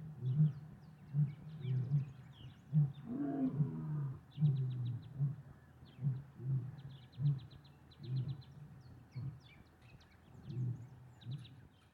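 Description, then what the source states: Lion grunts: a long series of short, deep grunts, a little over one per second, with faint bird chirps above. In the savannah.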